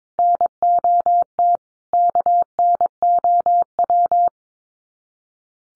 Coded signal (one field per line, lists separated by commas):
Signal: Morse code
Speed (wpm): 22 wpm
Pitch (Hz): 700 Hz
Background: none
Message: NOT KNOW